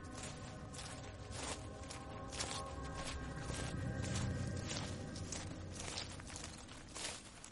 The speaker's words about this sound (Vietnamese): Đúng lúc đó, từ đằng sau lưng của hắn có tiếng bước chân.